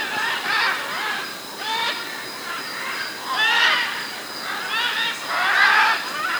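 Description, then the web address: Military macaw calling with loud, grating squawks in uneven bursts, with a steady background hiss. South America. "Natures Songs S America Military Macaw (Ara Militaris)"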